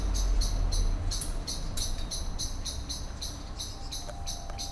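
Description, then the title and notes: Common blackbird's sharp scolding ticks repeat steadily over a low urban rumble. Excitedly scolding, flying from tree to tree; city street in Cologne, morning. "cologne, lütticherstrasse, amsel. amsel aufgeregt schimpfend fliegt von baum zu baum, im hintergrund fahrradfahrer und fussgänger auf dem bürgersteig, morgens"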